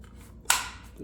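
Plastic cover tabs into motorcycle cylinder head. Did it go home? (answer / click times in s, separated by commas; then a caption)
yes / 0.5 s. The tabs of a plastic cylinder-head cover are pushed into place on a 2017 R1200GS motorcycle after a spark plug change. A single sharp, bright click sounds at 0.5 s and fades over about a quarter second against a quiet background. The click confirms that the tabs are seated.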